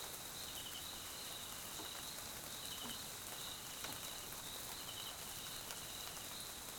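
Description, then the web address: Crickets give rhythmic high-pitched pulsing trills beneath a dense wash of rain and sharp raindrop hits. South African crickets; Mkhaya, Swaziland; jungle at night during rain; background ambience. "GDC 2018-Game Audio Bundle Tonschliff - SOUTH AFRICAN CRICKETS BG Swaziland Mkhaya Jungle Night Rain"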